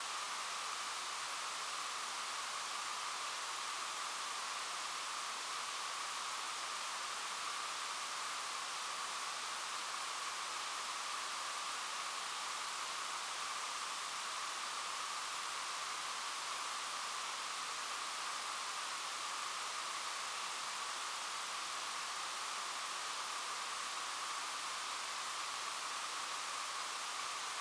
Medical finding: Tinnitus.